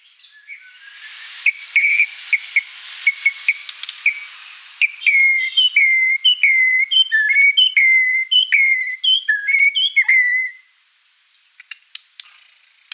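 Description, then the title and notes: White-rumped shama song: a run of short whistles near one pitch, then a fast series of looping, downslurred whistled phrases that stop abruptly, leaving near silence with faint clicks. Long-duration lure song used to attract birds. "Pikat Murai Batu Durasi Panjang. Burung Murai Batu"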